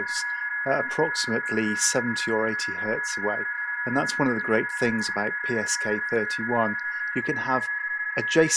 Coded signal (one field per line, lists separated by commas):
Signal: PSK31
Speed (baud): 31.25 baud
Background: speech